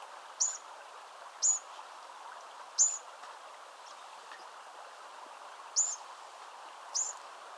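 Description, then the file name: Eurasian wren calls: five short, sharp high ticks at irregular intervals of one to three seconds, over a constant low rushing background. "Troglodytes troglodytes"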